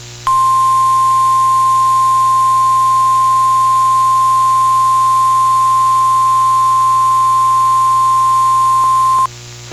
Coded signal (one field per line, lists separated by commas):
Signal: Emergency Alert System (SAME) tones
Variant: 1050 Hz attention tone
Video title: WXJ41 Winter Storm Warnings (12/1/2025) (EAS #214-215)